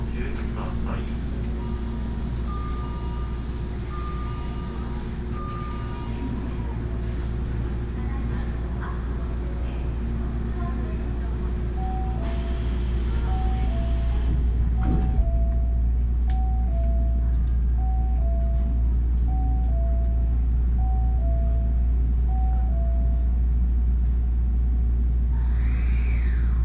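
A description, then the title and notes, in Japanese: A train ride on the Osaka Monorail toward Osaka Airport, with a strong steady low rumble throughout. Repeating two-note electronic chimes play early on and again from about 12 seconds, with faint voices and a few clanks, and a rising whine near the end. 鉄道旅 大物→梅田→蛍池→大阪空港。蛍池で大阪モノレールに乗り換えて１駅先の大阪空港へと向かいます。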